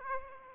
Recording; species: mosquito wingbeat signal from an infrared sensor; Aedes aegypti